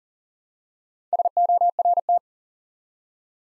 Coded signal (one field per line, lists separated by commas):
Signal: Morse code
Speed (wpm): 41 wpm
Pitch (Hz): 700 Hz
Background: none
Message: SORT